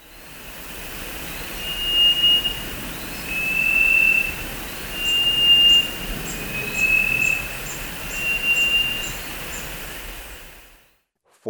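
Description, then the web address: Chestnut-breasted wren giving a few soft pure whistles, alternating slightly higher and lower, spaced well apart against a steady background hiss. Recorded in Ecuador. "Birds of Ecuador Chestnut-breasted Wren"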